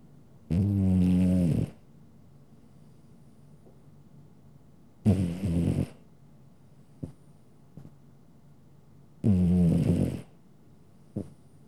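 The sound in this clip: Domestic cat snoring: three deep, grating snores about four seconds apart, with small clicks and soft breaths in the gaps.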